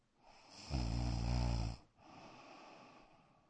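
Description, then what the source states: Dog snoring: a single loud, rattling snore, then a quieter, hissing breath. Black dog, snoring indoors in a bedroom.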